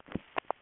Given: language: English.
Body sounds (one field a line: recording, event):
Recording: throat vibration sensor signal played as sound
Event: swallow